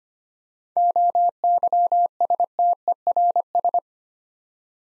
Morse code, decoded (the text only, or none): OYSTERS